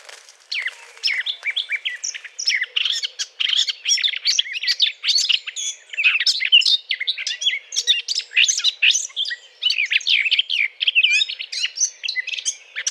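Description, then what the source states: Eurasian blackcap keeping up a steady, dense warbling chatter of rapid high notes and twists for the whole stretch. Courtship song.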